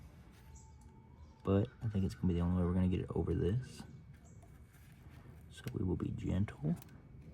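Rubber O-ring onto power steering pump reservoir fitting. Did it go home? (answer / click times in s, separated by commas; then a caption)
no / none. Someone talks while gently working a new rubber O-ring over a lip on the power steering pump reservoir fitting of a 2005 Ford Taurus SE, using a pick because it is the only way to get it over the lip. Only speech and faint handling sounds are heard. Nothing has seated or clicked yet.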